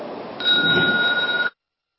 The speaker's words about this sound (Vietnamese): Body, speech and mind held in perfect oneness. I send my heart along with the sound of the bell. May the hearers awaken from forgetfulness and transcend all anxiety and sorrow.